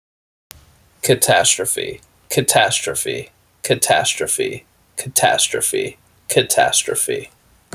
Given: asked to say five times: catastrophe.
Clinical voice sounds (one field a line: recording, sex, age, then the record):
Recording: repeated word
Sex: male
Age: 30 to 39 years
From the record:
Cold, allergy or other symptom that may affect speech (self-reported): no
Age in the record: 31 years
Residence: South Carolina, United States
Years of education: 16